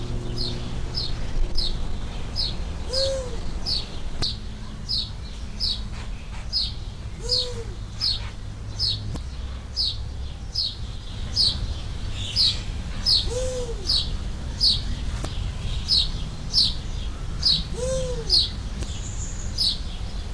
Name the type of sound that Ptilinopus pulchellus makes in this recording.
call